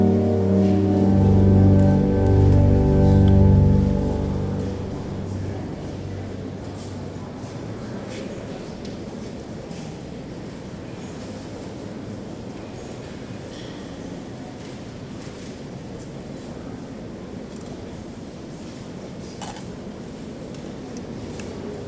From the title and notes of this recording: General atmosphere recorded in the Notre Dame in Paris. The organist is apparently practicing but even that makes a nice atmosphere.